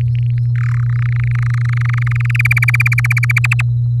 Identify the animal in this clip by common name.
Domestic Canary